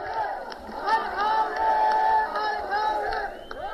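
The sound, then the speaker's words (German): A large crowd of protesters in Hama, Syria cheers and shouts as masked demonstrators tear down a huge portrait of President Bashar al-Assad from the roof of the Arab cultural centre; a continuous roar, many voices rising and swelling together with sustained yelled tones, loud and dense throughout. “Die Menge jubelt.”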